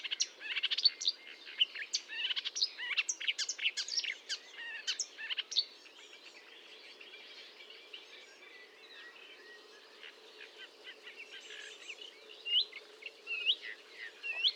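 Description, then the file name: Marsh warbler song: busy varied chatter and whistles, a quieter softer stretch in the middle, then louder phrases again. Recorded at Fontaine-Française, Fourneau, France, on 1 June 2022 at 10:55, with a Nagra recorder and Telinga microphone. "Rousserolle verderolle 1055 Fontaine-Francaise-Fourneau"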